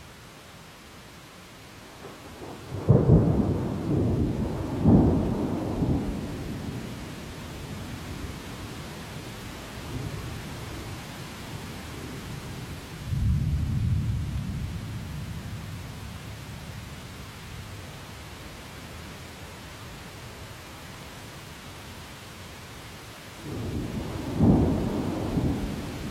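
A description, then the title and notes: Thunder rumbles low through a forest storm, with heavy rolls near 3, 13 and 24 seconds over a steady hiss of rain. Forest thunderstorm.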